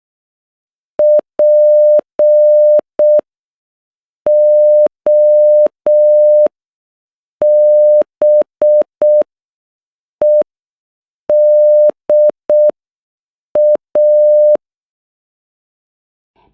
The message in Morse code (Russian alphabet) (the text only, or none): ПОБЕДА